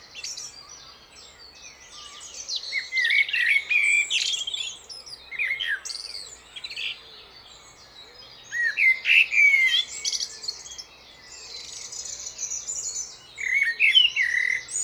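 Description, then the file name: Common blackbird song phrases roughly every five seconds. Each has rich fluting notes that break into thin, high chattering trills, with quiet gaps between. "Turdus merula"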